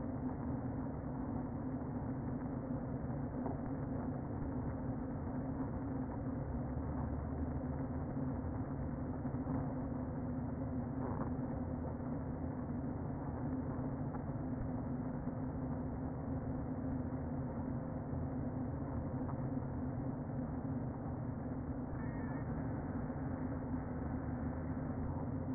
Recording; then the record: honeybee colony, microphone inside the hive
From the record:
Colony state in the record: queen present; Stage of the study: before two queens were removed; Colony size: about 60,000 bees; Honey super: yes